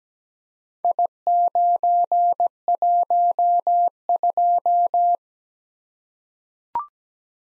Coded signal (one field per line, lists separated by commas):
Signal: Morse code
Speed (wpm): 17 wpm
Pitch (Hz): 700 Hz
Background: none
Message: I912